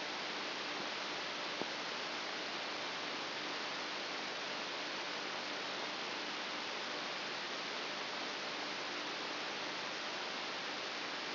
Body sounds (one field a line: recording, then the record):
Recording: brain microelectrode recording played as sound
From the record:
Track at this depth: outside the subthalamic nucleus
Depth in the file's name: 8.001 mm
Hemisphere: right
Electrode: 2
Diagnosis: Parkinson's disease